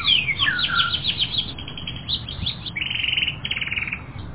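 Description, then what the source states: Canary song with fast twittering, a brief dropping whistle, scattered chirps, then two dense, buzzing trills of rapid pulses. Several canaries.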